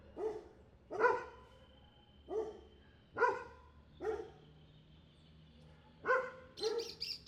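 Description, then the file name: Dog barking in several separate loud barks with harmonics, ending with a higher, brighter burst of sound. Street dogs barking in street ambience, Buenos Aires province, Argentina. "ambiente calle prv bs as street dogs barking"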